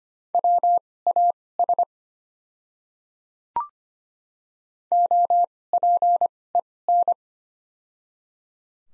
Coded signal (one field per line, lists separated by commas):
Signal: Morse code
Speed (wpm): 25 wpm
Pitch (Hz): 700 Hz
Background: none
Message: WAS OPEN